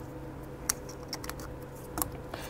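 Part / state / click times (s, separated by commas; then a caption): wiring harness plug into harness connector / seated / 0.7 s. On a 3.0L Duramax during an EZX 22712 installation, the rerouted engine wiring harness plug is pushed into the mating end of the fuel rail pressure harness, which has a gray keeper. A sharp click at 0.7 s shows the connector seating, followed by softer ticks around 1.1–1.3 s and a louder tick at 2.0 s. The harness connector is seated.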